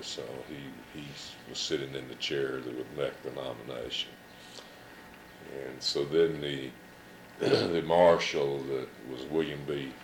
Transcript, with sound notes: So, he--he was sitting in the chair that would make the nomination. And so, then the [clears throat] --the marshal, that was William B.